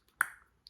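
During a spark plug and coil swap, a plastic electrical connector is pushed by hand onto a new ignition coil. A single sharp, bright snap at 0.2 s rings out briefly, with a faint tick just before it and a small high click near the end. The connector is seated on the coil.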